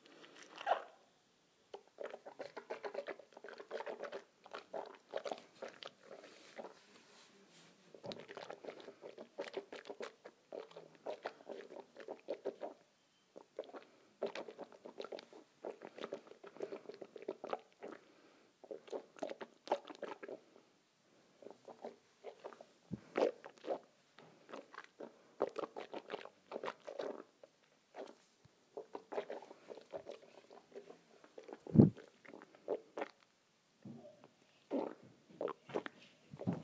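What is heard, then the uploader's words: Water is swished around in a mouth in quick, wet, sloshing bursts, each run of churning lasting a few seconds before a brief pause. The gurgling stays busy and uneven throughout, with a couple of sharper clicks near 23 and 32 seconds. ASMR Swishing Water in my Mouth.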